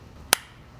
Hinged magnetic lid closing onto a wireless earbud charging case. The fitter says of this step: It's maybe not quite as satisfying as Pixel Buds, but that's a pretty good click.